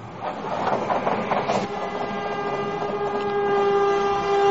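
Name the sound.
train passing with horn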